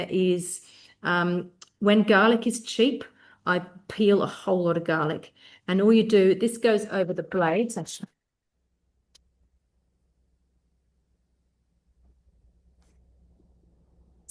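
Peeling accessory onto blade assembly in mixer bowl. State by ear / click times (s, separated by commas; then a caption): not seated / none. A plastic peeling accessory is placed over the blades in a mixer bowl and lined up there, but it has not clicked into place yet. Someone talks for the first eight seconds. After that there is a single faint knock at 9.2 s, then a low hum.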